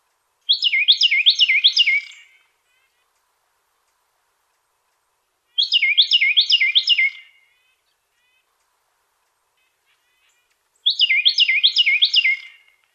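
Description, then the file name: Carolina wren singing three loud bouts of quickly repeated two-part phrases that swoop downward, each burst close to two seconds long, separated by quiet gaps. Fourth song variation of this species. "suara-kicauan-burung-carolina-wren-variasi-4-omkicau"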